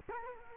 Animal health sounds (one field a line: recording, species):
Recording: mosquito wingbeat signal from an infrared sensor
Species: Culex quinquefasciatus